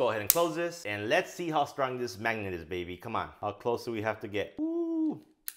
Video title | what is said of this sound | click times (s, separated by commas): LTT Screwdriver - The Last Screwdriver You'll Ever Need!? | but yeah you hear that satisfying snap when it gets pulled into the magnet | 5.5 s